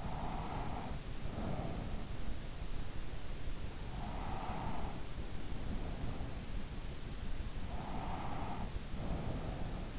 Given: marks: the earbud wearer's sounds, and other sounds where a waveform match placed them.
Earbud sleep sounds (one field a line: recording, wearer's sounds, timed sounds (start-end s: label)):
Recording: sounds in sleep by an in-ear microphone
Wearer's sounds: breath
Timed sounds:
0.00-2.45 s: breath
3.69-6.66 s: breath
7.38-9.90 s: breath